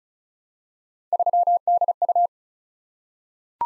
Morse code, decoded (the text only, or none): 3DU